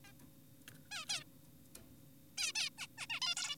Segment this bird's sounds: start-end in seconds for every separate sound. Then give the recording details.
0.05-0.12, 0.92-1.06, 1.10-1.24, 2.38-2.52, 2.55-2.70, 2.78-2.87, 2.98-3.06, 3.10-3.20, 3.22-3.35, 3.37-3.56. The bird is an adult. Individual g4p5U